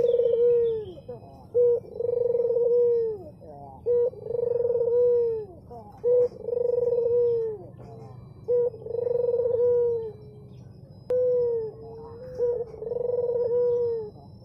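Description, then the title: Barbary dove coos, a short note then a long purring roll, repeated regularly over a steady low hum. White Barbary dove (puter putih), a masteran training sound played to songbirds. "Kicau Mania Masteran Burung Puter Putih"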